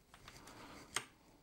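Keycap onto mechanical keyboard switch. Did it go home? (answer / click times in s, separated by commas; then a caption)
yes / 1.0 s. A single plastic keycap is pressed by hand onto the switch stem of a HAVIT mechanical gaming keyboard with RGB lighting. A few faint ticks of handling lead up to one sharp, bright click at 1.0 s as the keycap seats on the switch.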